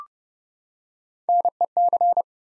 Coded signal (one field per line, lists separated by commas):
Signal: Morse code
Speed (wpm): 30 wpm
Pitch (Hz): 700 Hz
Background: none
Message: NEC